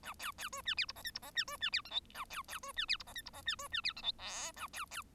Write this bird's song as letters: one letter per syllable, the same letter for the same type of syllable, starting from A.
A B B C D E F G H F G D C D E I J A B B C D E F G H F G D C D E I J K A B B